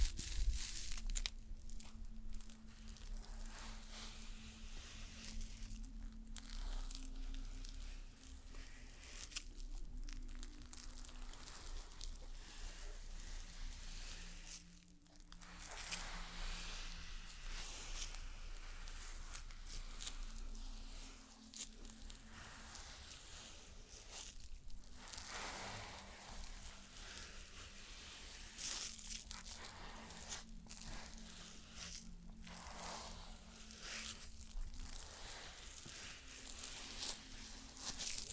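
A stone spa treatment with near-constant soft rustling and crinkling, broken by frequent light taps and brushing strokes. A low, steady hum runs underneath, with a faint tone that slowly shifts in pitch. Brief quieter dips occur around 15 and 21 seconds.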